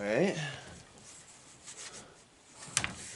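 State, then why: Seated. Someone talks briefly as a wooden side panel of a custom bearded dragon enclosure is worked into the frame at its bottom right-hand corner, making soft rubbing wood sounds. Two sharp knocks at 2.8 s and 2.8 s mark the panel seating, and the side is locked into place.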